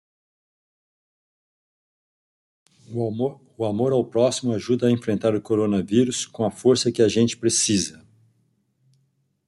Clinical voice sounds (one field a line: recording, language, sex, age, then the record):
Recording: spoken sentence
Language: Brazilian Portuguese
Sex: male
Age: 50 to 59 years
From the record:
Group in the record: control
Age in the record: 59 years